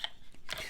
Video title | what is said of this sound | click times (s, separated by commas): 10 KNIVES Worth Buying On AMAZON! Craziest DEALS! | Nice push-off, nice positive click, no rattle. | 0.0 s